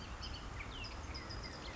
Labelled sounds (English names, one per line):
Bullock's Oriole